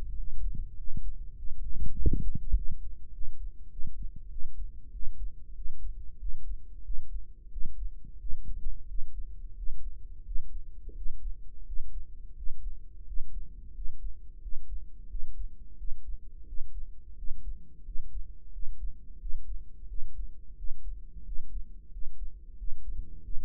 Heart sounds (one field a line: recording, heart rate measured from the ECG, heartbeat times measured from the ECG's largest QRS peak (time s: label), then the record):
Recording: heart sounds by microphone in the right ear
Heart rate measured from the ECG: 91 bpm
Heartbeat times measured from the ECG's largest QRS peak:
0.17 s: heartbeat
0.78 s: heartbeat
1.37 s: heartbeat
1.97 s: heartbeat
2.56 s: heartbeat
3.13 s: heartbeat
3.71 s: heartbeat
4.31 s: heartbeat
4.93 s: heartbeat
5.56 s: heartbeat
6.20 s: heartbeat
6.85 s: heartbeat
7.52 s: heartbeat
8.20 s: heartbeat
8.88 s: heartbeat
9.57 s: heartbeat
10.26 s: heartbeat
10.96 s: heartbeat
11.67 s: heartbeat
12.37 s: heartbeat
13.07 s: heartbeat
13.75 s: heartbeat
14.42 s: heartbeat
15.10 s: heartbeat
15.78 s: heartbeat
16.47 s: heartbeat
17.17 s: heartbeat
17.86 s: heartbeat
18.53 s: heartbeat
19.20 s: heartbeat
19.89 s: heartbeat
20.57 s: heartbeat
21.26 s: heartbeat
21.92 s: heartbeat
22.58 s: heartbeat
23.24 s: heartbeat
From the record:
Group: healthy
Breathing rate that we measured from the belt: 15 breaths a minute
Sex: male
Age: 21 years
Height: 175 cm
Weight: 72.6 kg